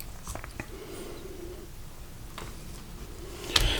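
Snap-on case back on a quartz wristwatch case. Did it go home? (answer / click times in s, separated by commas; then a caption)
released / 3.6 s. A case knife is worked into the small gap under the snap-on metal case back of an ESQ quartz wristwatch and pushed in. Faint scraping and a few small ticks lead up to a loud, sharp snap at 3.6 s as the back pops off the case, released.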